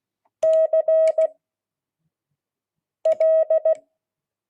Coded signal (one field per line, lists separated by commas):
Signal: Morse code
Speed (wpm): 16 wpm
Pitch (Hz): 640 Hz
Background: none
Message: CL